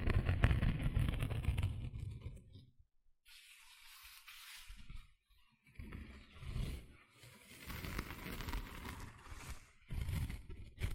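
Gentle scratching comes in soft, uneven bursts, loudest in the first two seconds, with near-silent pauses around three and five seconds.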